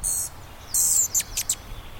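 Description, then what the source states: Rufous Hummingbird gives very high, buzzy bursts followed by a quick series of sharp, thin chips. Western bird on spring migration north from Mexico or Central America, looking for flowering plants or feeders to quench its thirst.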